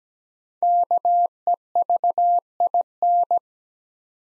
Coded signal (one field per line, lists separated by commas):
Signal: Morse code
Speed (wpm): 17 wpm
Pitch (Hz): 700 Hz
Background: none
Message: KEVIN